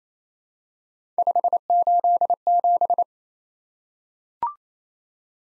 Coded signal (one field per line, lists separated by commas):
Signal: Morse code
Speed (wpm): 29 wpm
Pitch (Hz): 700 Hz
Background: none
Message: 587